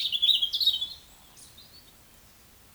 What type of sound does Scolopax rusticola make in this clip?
whistle, croak